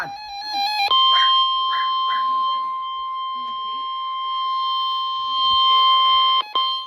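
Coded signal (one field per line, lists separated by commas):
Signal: Emergency Alert System (SAME) tones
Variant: 1050 Hz attention tone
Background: speech, music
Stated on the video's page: Severe thunderstorm warning broadcast on a NOAA weather radio transmitter.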